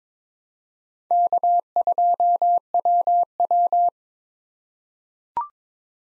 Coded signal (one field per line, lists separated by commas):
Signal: Morse code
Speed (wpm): 22 wpm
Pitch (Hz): 700 Hz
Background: none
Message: K2WW